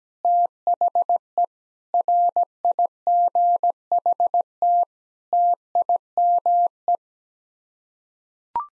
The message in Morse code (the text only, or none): THE RIGHT TIME